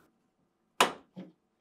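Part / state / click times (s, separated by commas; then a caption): plastic door striker into refrigerator freezer door / seated / 0.8 s. A plastic freezer door striker is lined up and pressed onto a GE refrigerator freezer door until it snaps into place. A sharp snap is heard at 0.8 s, followed by a softer second tap near 1.2 s. The striker is seated.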